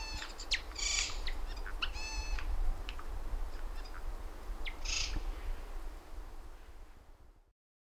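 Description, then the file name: Eurasian jay making a run of short, varied nasal notes and clicks, including a ringing harmonic call and a harsher burst, with a low background rumble. "Garrulus glandarius"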